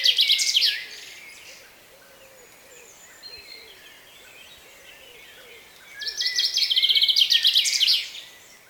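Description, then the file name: Common chaffinch song, two fast trilled phrases separated by quiet, with soft background calls. "Fringilla coelebs"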